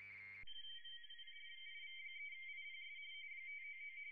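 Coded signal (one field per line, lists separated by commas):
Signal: RTTY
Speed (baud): 45.45 baud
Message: IV3IPS 599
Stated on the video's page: RTTY in the A.R.I. International DX Contest, single operator two VFO, low power.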